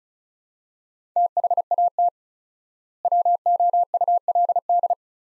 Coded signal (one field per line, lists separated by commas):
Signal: Morse code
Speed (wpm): 36 wpm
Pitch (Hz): 700 Hz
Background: none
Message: THAT WOULD